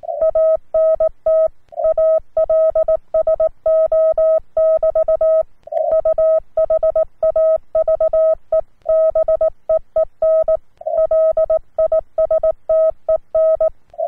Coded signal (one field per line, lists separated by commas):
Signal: Morse code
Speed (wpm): 18 wpm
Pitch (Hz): 640 Hz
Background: none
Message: ANT ALSO <BT> U HAVE BEEN LISTEN